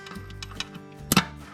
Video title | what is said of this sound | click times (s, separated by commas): 8000 FORD DUAL POWER INSTALL REPAIR | There it is. Snapped right in. | 1.1 s